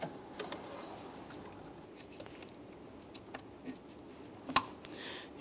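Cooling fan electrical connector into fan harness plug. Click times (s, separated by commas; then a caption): 4.6 s. The electrical connector for the radiator cooling fan on a 2002–2008 Dodge Ram is pushed by hand onto its mating fan harness plug during A/C condenser replacement. Faint rustling and a few small ticks lead up to a sharp snap at 4.6 s as the connector seats in place. No one talks.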